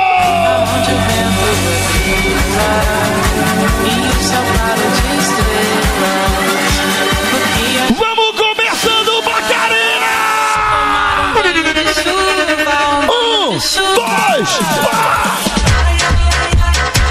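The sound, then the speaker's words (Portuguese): A carnival party crowd yells and whoops on cue over loud, pounding music with a steady thumping beat; in the second half, sliding, rising cries break through the din. “Dá um grito bem alto aí.”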